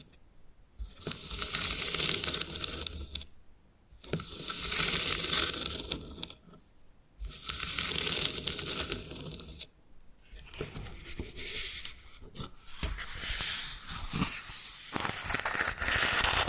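Bamboo is scratched and brushed in long sweeping strokes of about two to three seconds each, separated by brief pauses near 3.5, 6.5 and 9.5 seconds. The strokes are dense and bright, with a dry, rasping grain. Later passages turn choppier, with quick scraping bursts.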